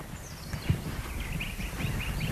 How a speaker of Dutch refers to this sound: Wat horen we nou? Een nachtegaal. Ja, eigenlijk twee nachtegaal die een soort wedstrijdje aan het doen zijn.